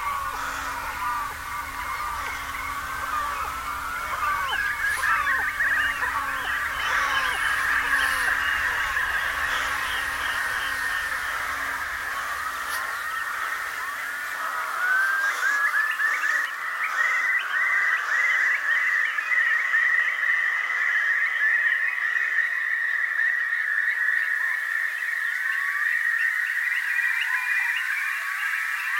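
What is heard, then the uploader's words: A meadow chorus of many overlapping calls, croaking and chirping together in a dense, unbroken mid-to-high layer. A low steady hum with a faint drone sits underneath for the first half, then drops away, leaving the busy chorus slightly louder and clearer to the end. Meadow Polyphony. A mix of original field recordings with a touch of reverb.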